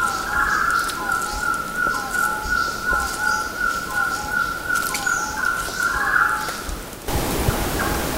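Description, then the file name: Red-breasted partridge calling, short repeated lower whistles under a sustained steady tone, set against a loud hiss of background noise. Recorded at Mount Kinabalu, Bukit Ular. "MTKINABALUBUKITULAR"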